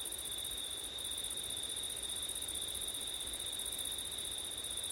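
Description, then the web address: Crickets trilling steadily, a continuous high chorus with a second, higher band that breaks briefly once, over a soft hiss. Crickets heard on a windy September night; ORTF stereo recording. "audio crickets wind september night ortif"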